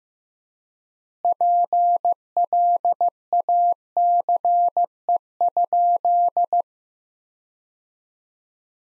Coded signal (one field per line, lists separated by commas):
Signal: Morse code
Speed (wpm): 15 wpm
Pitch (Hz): 700 Hz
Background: none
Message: PLACE?